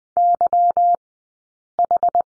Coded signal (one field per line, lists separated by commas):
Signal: Morse code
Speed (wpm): 20 wpm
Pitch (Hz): 700 Hz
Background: none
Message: YH